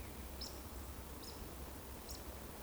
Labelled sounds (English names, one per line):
Eurasian Woodcock